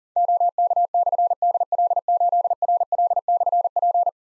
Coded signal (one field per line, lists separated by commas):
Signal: Morse code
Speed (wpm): 43 wpm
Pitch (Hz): 700 Hz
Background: none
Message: OK/DL8RL/P